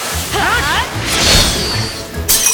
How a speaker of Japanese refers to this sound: はぁ、あ、瓶が割れた。俺の惚れ薬が、俺のハーレムが。